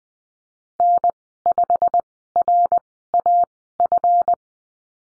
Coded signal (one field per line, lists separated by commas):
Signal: Morse code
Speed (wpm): 20 wpm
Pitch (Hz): 700 Hz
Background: none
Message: N5RAF